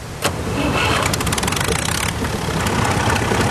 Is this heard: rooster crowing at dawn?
no